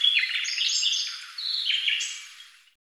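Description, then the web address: Bird song, a rapid jumble of high chirps and short whistled notes, varied and warbling, fading out near the end. "Deverinetal 2025"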